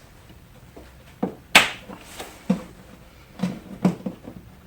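A socket is hooked over the end plastic push clip in the rubber cowl weather stripping of a Honda S2000, during a cabin air filter replacement, and pushed up. The clip gives a sharp, loud click at 1.6 s as it releases and pops right out. A softer tap comes just before at 1.2 s, and lighter knocks follow at 2.5, 3.9 and 4.1 s.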